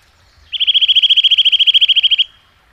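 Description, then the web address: Eurasian nuthatch giving a fast, even trill of many clear notes in under two seconds, steady in pitch, then silence. "agykontroll Madardalok Cd 1. Csuszka"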